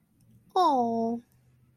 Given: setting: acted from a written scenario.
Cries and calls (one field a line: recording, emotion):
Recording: vocal sound without words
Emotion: adoration